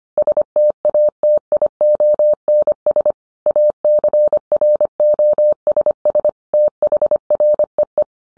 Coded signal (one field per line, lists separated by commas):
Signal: Morse code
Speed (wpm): 25 wpm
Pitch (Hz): 600 Hz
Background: none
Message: STATIONS ACROSS THREE